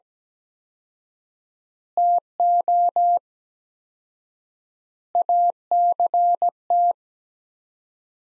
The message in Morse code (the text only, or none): TO ACT